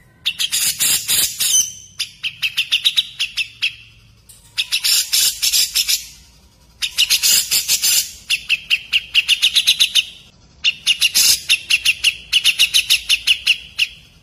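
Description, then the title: Grey-cheeked bulbul uttering grating, rapid chatter in repeated bursts, pausing between phrases. "MASTERAN CUCAK JENGGOT"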